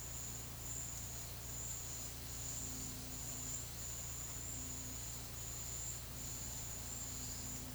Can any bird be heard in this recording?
no